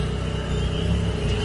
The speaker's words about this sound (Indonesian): dan suara motor dari kejauhan.